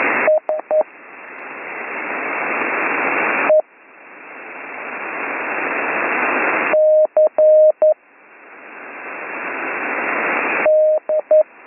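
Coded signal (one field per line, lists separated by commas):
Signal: Morse code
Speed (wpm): 11 wpm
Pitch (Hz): 620 Hz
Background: radio noise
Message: S E C D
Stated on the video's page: Slow Morse code course lesson, week 6.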